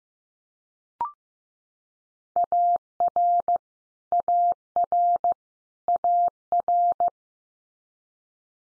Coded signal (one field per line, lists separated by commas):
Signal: Morse code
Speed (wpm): 15 wpm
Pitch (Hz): 700 Hz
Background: none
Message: AR AR AR